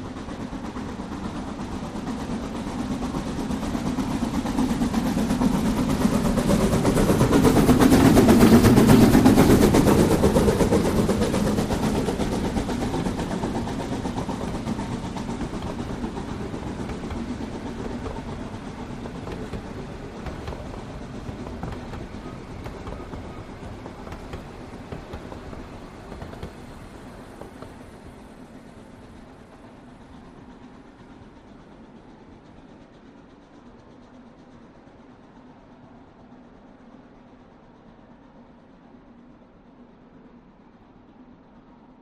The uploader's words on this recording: Train Passby: Train Chugging Sounds. A distant train chugs by over and over on a quiet evening. No train horn or whistle.